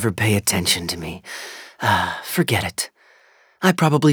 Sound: sigh